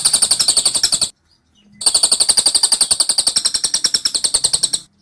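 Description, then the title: Scaly-crowned honeyeater song in two bursts of rapid, evenly spaced high chips, the second lasting about three seconds, with a short quiet gap between. Dense, insistent, long-duration "tembakan" (rapid-fire) song of an actively singing bird, used as training audio for Oriental magpie-robins. "Tembakan Cililin Rapat Ngotot Durasi Panjang Suara Cililin Gacor Untuk Masteran Murai Batu"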